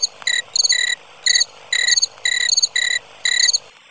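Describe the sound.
Cricket chirping in short, bright trilled bursts, about seven chirps in under four seconds, each a quick pulsed ring, then stopping abruptly.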